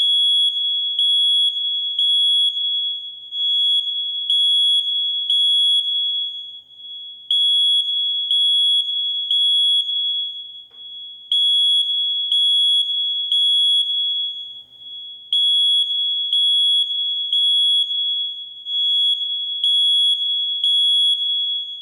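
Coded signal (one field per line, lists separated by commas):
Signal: alarm pattern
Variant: smoke detector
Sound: piercing high-pitched smoke alarm beeping, repeating in groups with short pauses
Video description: It is the recognizable smoke alarm beep beep beep that goes off when a smoke detector senses smoke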